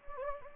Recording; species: mosquito wingbeat signal from an infrared sensor; Anopheles gambiae